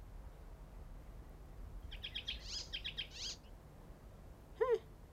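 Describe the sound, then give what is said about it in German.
Faint, high-pitched bird chirps come in quick repeated bursts over a soft background hiss, followed by a brief, sharper descending call near the end. “Die Vögel sind des Singens müde.”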